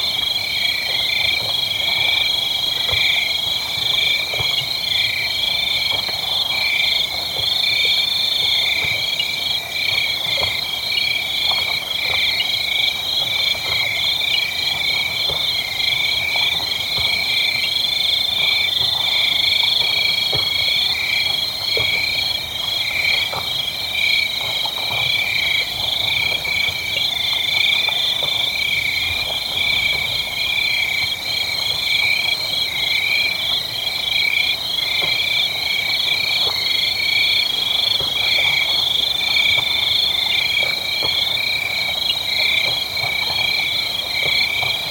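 A dense, unbroken night chorus of frogs trills steadily in two bright, high bands, with faint low rustles and knocks scattered beneath.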